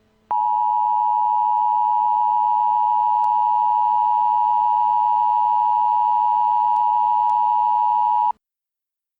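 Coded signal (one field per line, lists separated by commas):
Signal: Emergency Alert System (SAME) tones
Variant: 853 and 960 Hz attention tone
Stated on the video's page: Fictional EAS scenario, not a real alert.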